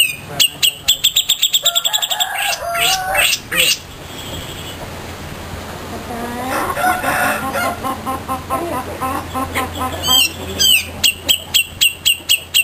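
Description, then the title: Grey-cheeked bulbul giving fast, high chirping phrases with varied notes, a quieter mixed middle section, then rapid chirps again toward the end. Song used to train cage birds. "Cucak Jenggot Masteran Durasi Panjang"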